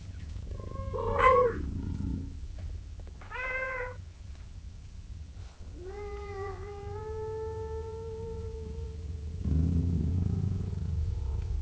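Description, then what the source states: Cat meows and purrs: a short harsh mew, a brief higher meow, then a long level meow lasting about three seconds, followed by low purring. Cat gently meowing and purring in long intervals.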